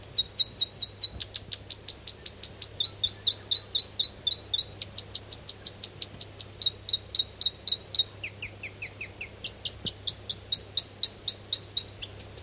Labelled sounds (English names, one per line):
South Island Robin